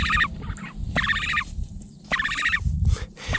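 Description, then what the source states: Northern bald ibis calls: three bursts of harsh, rapidly pulsed guttural notes separated by pauses. Endangered ibis with black feathers and a long red bill, once considered almost extinct in the wild, with a few birds surviving in zoos.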